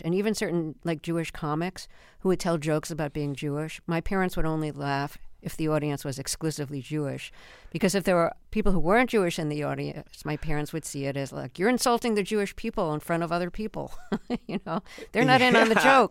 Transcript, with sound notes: And even certain, like, Jewish comics who would tell jokes about being Jewish, my parents would only laugh if the audience was exclusively Jewish because if there were people who weren't Jewish in the audience, my parents would see it as like, you're insulting the Jewish people in front of other people, (laughter) you know?
Yeah.
They're not in on the joke.